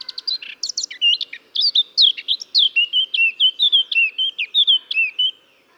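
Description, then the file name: Eurasian blackcap song: a few varied notes, then a long series of clear whistled notes, with a faint hum behind. "Sylvia atricapilla"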